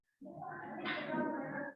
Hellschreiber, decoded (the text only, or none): none